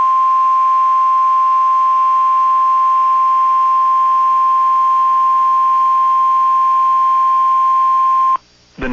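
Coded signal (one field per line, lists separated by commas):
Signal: Emergency Alert System (SAME) tones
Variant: 1050 Hz attention tone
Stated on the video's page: Severe thunderstorm and tornado alerts from weather radio stations KIH42, KIH35, KEC56 and KHB32.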